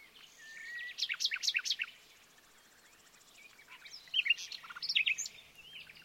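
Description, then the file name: Common nightingale singing: a burst of rich, varied whistled and chirping notes, a pause, then another jumbled phrase of sharp twittering notes. "Luscinia megarhynchos"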